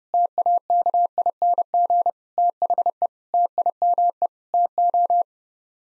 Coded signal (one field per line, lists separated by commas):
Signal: Morse code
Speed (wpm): 30 wpm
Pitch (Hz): 700 Hz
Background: none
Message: TAKING THE TIME TO